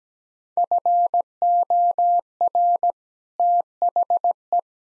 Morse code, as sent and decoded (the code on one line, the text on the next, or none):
..-. --- .-. / - .... .
FOR THE